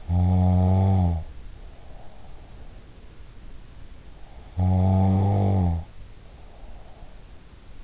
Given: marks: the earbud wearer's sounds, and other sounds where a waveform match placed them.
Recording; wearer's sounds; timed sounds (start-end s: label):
sounds in sleep by an in-ear microphone; snoring breath
0.00-3.12 s: snoring breath
4.41-7.53 s: snoring breath